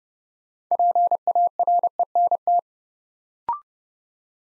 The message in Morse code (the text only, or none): PARENT